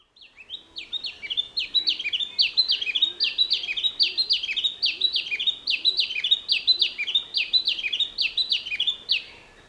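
Fairy gerygone song: a long run of high, slurred notes repeated steadily.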